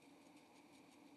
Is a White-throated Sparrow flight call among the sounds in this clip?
no